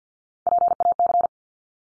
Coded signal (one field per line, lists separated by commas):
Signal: Morse code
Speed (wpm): 50 wpm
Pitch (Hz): 700 Hz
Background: none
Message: PAC